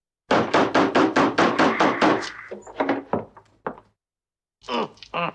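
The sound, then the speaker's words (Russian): A wooden door opens as a visitor, the village head, enters, with a rapid run of about nine hollow thumps, then a few scattered knocks, a brief pause and a short final rattle. “Ведьма берет поднос со стаканом, улыбаясь, подходит к двери.”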